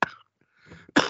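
Two harsh, explosive coughs about a second apart from an adult man, with a quiet breathy sound between them.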